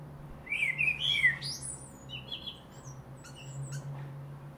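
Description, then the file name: Blackbird with a single brief warbled phrase sliding into thin high notes, then soft twittering and low rumble. "Turdus merula"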